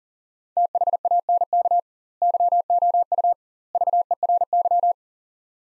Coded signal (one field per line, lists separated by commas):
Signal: Morse code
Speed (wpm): 37 wpm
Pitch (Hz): 700 Hz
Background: none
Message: THANK YOU VERY